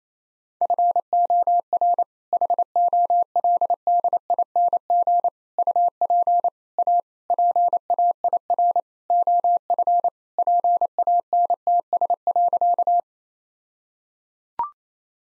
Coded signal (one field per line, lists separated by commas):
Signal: Morse code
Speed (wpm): 28 wpm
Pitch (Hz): 700 Hz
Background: none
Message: FOR HOLDING UP A PAIR OF PANTS.